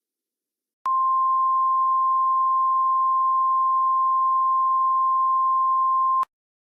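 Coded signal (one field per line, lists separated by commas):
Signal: Emergency Alert System (SAME) tones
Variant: 1050 Hz attention tone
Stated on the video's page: Fictional EAS scenario, a fabricated alert rather than a real activation.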